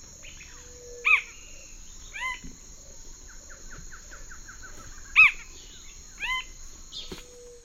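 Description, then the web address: Plain-crowned spinetail giving sharp phrases, a loud harsh note followed about a second later by a softer one, heard twice, with a rapid series of fainter notes and a steady high hum. Eastern lowlands of South America. "Natures Songs S America Eastern Lowlands Plain-crowned Spinetail"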